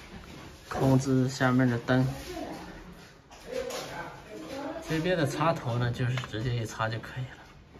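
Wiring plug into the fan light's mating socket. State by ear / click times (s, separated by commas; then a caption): not seated / none. A wire plug connector is being handled for the fan light's mating socket during installation while someone talks throughout. The plug has not gone home yet, and nothing has seated or clicked.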